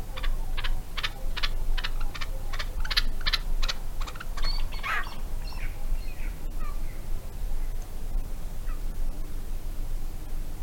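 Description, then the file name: Grey partridge producing a quick run of scratchy notes that slows and fades after about five seconds, leaving faint scattered clicks over a low rumble. "Canto do perdiz moura"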